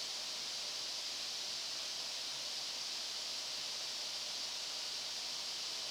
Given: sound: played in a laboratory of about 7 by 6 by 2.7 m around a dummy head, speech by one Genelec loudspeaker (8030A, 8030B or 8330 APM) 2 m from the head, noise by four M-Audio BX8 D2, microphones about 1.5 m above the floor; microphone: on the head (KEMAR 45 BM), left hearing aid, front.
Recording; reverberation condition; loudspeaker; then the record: white noise; high; four, about 170 cm from the corners of the room and facing them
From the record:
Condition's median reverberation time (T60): about 1300 ms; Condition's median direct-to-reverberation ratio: about -4.0 dB